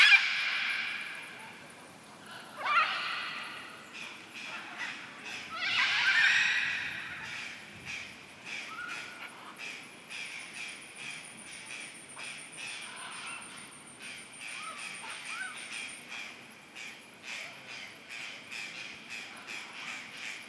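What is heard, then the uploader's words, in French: Macaws give loud, raspy calls near the start and around six seconds, then chatter more softly amid a thin high insect whine and steady outdoor hiss. Danse des aras, à Bonito (BR). Paysage sonore enregistré le 17 septembre 2015 à Buraco das Araras, près de Bonito dans le Pantanal Sud au Brésil.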